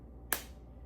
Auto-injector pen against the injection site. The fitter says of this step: Now, you're going about to hear a click.